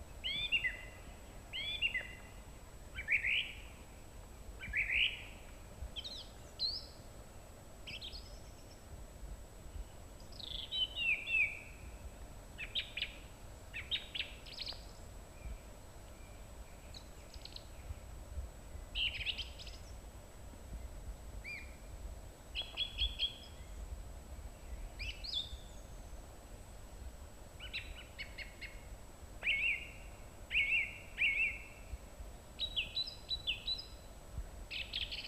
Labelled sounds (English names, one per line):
Song Thrush song